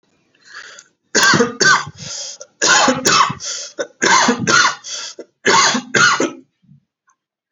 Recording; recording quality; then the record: heavy voluntary cough; excellent, no background noise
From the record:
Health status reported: healthy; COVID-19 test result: negative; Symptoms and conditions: cold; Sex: male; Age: 23 years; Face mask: not worn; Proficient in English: yes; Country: India